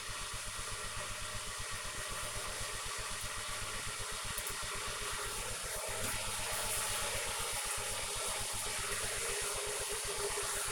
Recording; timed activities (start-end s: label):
household activities, microphone on the right wrist
0.00-10.72 s: making tea